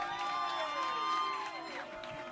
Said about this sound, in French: J'aimerais qu'on lui donne une grosse main d'applaudissement.